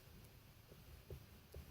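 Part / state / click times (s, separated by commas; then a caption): filter cartridge into shower filter housing / not seated / none. A replacement filter cartridge is handled as it goes back into a Bio shower filter housing, with low, muffled rubbing and a few soft bumps around 1.1 s and 1.55 s. Nothing has seated or clicked yet.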